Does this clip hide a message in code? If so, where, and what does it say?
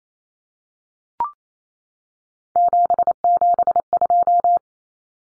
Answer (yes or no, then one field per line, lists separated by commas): yes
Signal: Morse code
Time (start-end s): 2.6-4.6 s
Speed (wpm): 28 wpm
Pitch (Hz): 700 Hz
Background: none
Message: 772